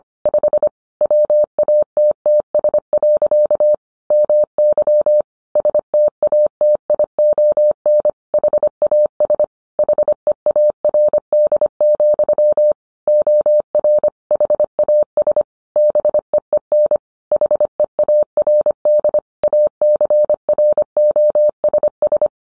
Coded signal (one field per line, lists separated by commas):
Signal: Morse code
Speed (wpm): 25 wpm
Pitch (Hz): 600 Hz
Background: none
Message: 5 WATTS. MY STATION HAS HEARD, OR HAS BEEN HEARD ACROSS